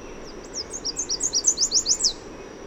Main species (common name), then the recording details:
Chestnut-capped Warbler. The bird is a male. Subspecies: delattrii. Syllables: 14. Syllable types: 6. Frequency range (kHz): 4.0-8.3 kHz. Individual MA-WSO-M